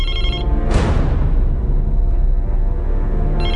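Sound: mobile phone ringing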